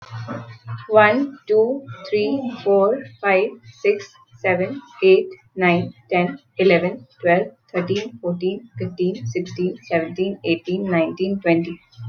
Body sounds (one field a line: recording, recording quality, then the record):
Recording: counting at a normal pace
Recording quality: moderate, slight background noise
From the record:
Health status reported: healthy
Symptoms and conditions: none ticked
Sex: female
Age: 24 years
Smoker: not ticked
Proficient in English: yes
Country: India